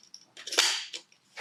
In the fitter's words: till it clicks.